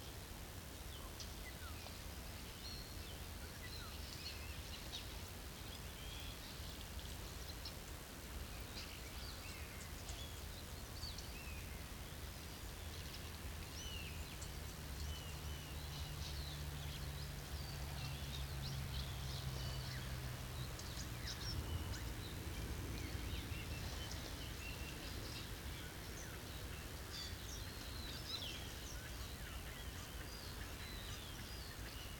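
Starlings chatter in a clay pit, a dense, restless mix of bright whistles, clicks and squeaks running throughout without pause. A low steady hum sits underneath, and from about 14 to 24 seconds a deeper drone rises and fades, with the flock growing slightly louder.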